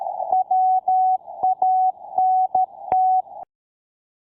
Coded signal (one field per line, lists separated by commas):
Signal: Morse code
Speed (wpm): 13 wpm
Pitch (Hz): 750 Hz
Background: none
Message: WANT